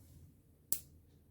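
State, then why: Seated. An RJ45 network plug on the end of a network cable is placed teeth side up in a crimping tool and squeezed. A single sharp click rings out at 0.7 s over a low background hum, confirming the plug is crimped and seated.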